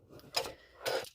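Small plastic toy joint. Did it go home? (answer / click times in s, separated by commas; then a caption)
yes / 0.4 s. A piece of a plastic Transformers WFC Earthrise Grapple toy robot is swung back into its locked position on the robot body during transformation. A sharp ratchet-like click at 0.4 s locks it into place, preceded by a faint tick at 0.2 s and followed by a second, longer rattling burst around 0.9–1.0 s. The piece is seated.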